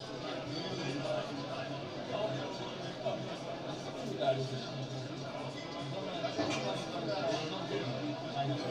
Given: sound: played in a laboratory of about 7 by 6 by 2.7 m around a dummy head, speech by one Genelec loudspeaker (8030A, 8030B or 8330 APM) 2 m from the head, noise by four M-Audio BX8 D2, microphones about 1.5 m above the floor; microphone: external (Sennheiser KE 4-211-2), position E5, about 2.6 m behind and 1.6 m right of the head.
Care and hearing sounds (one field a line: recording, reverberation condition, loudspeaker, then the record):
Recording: cafeteria noise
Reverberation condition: low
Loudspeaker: four, about 170 cm from the corners of the room and facing them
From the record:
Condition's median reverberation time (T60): about 310 ms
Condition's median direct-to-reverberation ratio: about 3.5 dB